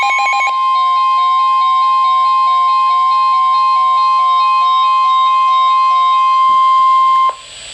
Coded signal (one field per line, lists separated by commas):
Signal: Emergency Alert System (SAME) tones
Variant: 1050 Hz attention tone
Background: music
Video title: Flood Warning (EAS #1,182)